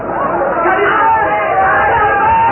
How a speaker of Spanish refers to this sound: Su voz se ahogaba bajo los gritos de furia de la multitud. ¡Iba a hacerse justicia por su propia mano la turba!